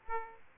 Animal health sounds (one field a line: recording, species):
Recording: mosquito wingbeat signal from an infrared sensor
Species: Aedes aegypti